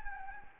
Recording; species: mosquito wingbeat signal from an infrared sensor; Anopheles gambiae